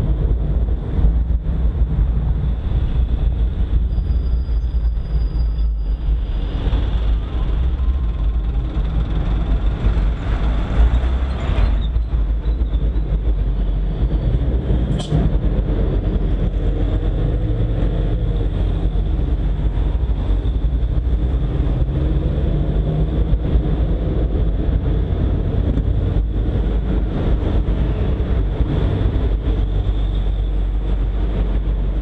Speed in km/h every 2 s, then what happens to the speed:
24, 22, 12, 9, 7, 11, 20, 23, 15, 19, 25, 32, 30, 31, 31, 31.
0-9 slows to 7. 9-13 speeds up to 23. 17-21 speeds up to 32. 21-32 steady at about 31.